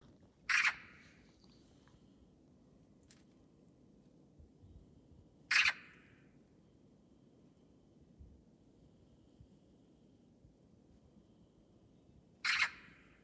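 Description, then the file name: Eurasian magpie giving harsh, rasping single squawks, three bursts spaced about five to seven seconds apart over a quiet, low background hum. "Pica pica"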